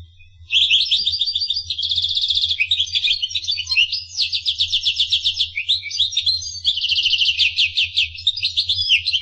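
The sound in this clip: Finch song, a continuous high twittering with several fast rattling trills alternating with slurred chirps, over a faint low hum.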